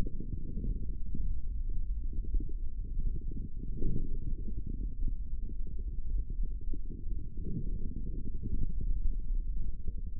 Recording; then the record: forearm muscle sounds (acoustic myography)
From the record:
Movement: hand opening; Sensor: system 3, bracelet of six PUI Audio POM-2738L microphones around the upper forearm, with dedicated amplification and filtering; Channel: 6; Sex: male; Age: 25 years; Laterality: right